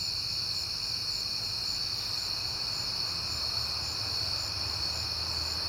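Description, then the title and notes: Crickets trill steadily at high pitch over a low rumble. Recorded at night in September on a peaceful night; crickets heard often that month. "Night Time: Crickets and Passing Cars. It is September and I have been hearing the crickets a lot, but finally had a peaceful night to make the recording"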